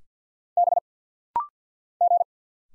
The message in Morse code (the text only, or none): B G